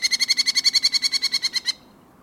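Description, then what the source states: Merlin rapid chatter: a steady burst of many harsh, evenly spaced kek notes, quick and insistent, stopping abruptly after under two seconds. Adaptable pint-sized falcons that may be seen in neighborhoods; peak southward migration in October, some year-round in the Pacific Northwest.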